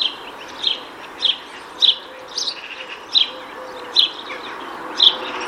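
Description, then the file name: House sparrow chirping: single sharp chirps repeated steadily about every second or less, over soft background noise. "Passer domesticus"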